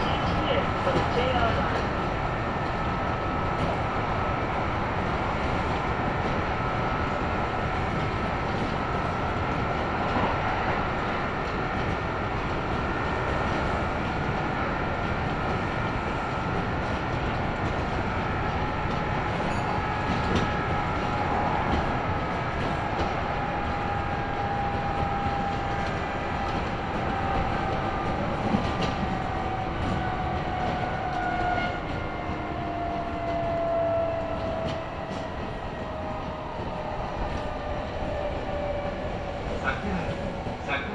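A ride aboard a Kintetsu Osaka Line semi-express train, with a steady, dense rumble of the carriage running throughout. Motor whine tones glide slowly downward after the twenty-second mark, and faint rhythmic clicks of the rails come and go beneath the constant roar.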